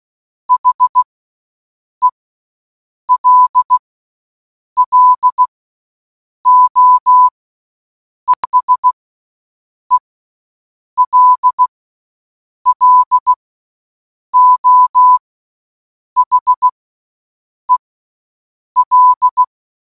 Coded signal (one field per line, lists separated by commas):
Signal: Morse code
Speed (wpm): 16 wpm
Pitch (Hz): 1000 Hz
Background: none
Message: HELLO ES ELLO HEL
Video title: 🔊🔊🔊 Listening To HELLO For ONE HOUR In Morse Code Challenge 🔊🔊🔊